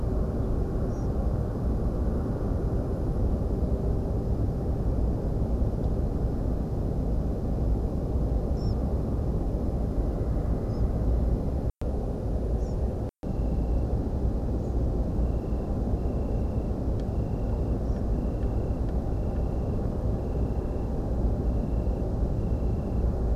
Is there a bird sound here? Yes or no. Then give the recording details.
yes. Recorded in France